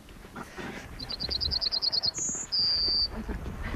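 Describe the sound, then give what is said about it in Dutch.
A songbird sings a quick series of about a dozen high, evenly spaced notes, then finishes with two longer, sustained whistled tones, one higher than the other, over faint low rumbling background, in fields near Renkum. “Je hoort hem zingen.”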